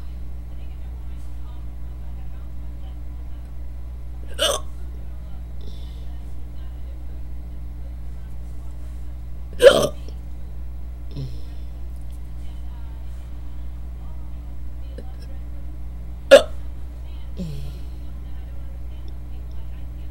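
An adult with induced hiccups: sharp, brief hics that recur at irregular intervals against a steady low-frequency background hum.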